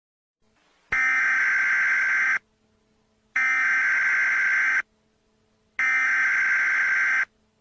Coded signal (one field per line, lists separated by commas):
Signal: Emergency Alert System (SAME) tones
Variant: header bursts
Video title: (REUPLOAD) EAS - Food Contamination Warning for White Chocolate